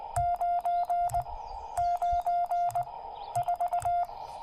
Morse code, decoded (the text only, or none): 994